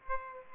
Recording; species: mosquito wingbeat signal from an infrared sensor; Aedes aegypti